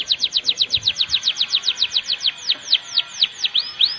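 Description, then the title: Canary song: a rapid series of downswept whistled notes, slowing and lengthening toward the end. "Kenari"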